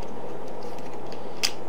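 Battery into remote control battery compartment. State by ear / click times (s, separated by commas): seated / 1.5 s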